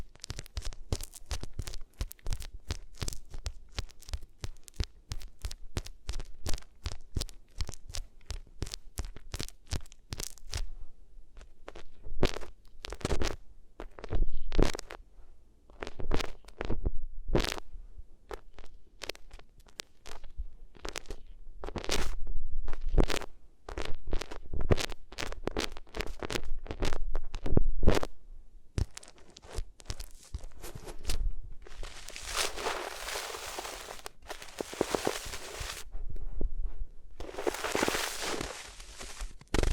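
Ears are rubbed against different materials, making dense, fast scratchy strokes for the first ten seconds, then slower, separate rubs and crunches with short pauses. After about thirty seconds come longer, brighter hissing swipes, each lasting a couple of seconds.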